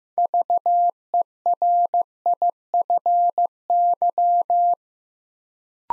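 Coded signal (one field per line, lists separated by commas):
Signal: Morse code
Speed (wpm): 15 wpm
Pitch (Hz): 700 Hz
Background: none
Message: VERIFY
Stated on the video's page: Build-a-word copy practice at 15 wpm, with six-letter words sent two letters at a time.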